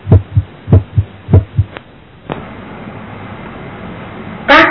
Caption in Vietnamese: Tiếng thứ hai có thể mờ đơn độc hoặc cùng tiếng thứ nhất, gặp trong tràn dịch màng ngoài tim, hẹp các van tổ chim, thấp tim gây phù nề van tim.